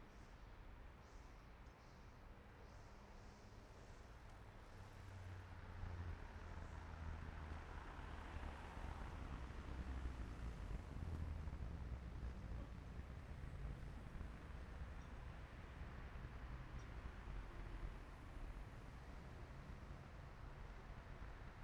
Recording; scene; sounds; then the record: everyday scene through a hearing-aid microphone; in traffic; traffic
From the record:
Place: main city hub, rush hour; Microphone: behind the ear, left, front